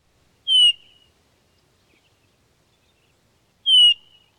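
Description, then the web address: Hermit thrush flight calls: two short, clear whistled notes, each sliding down in pitch, about three seconds apart, with silence between. "Songs of Birds of North America Know Your Bird Sounds Common Western Species. Hermit Thrush Flight Call"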